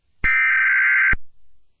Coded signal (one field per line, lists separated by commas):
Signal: Emergency Alert System (SAME) tones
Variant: header bursts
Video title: X Gets A EAS Error And Gets Grounded (REMAKE)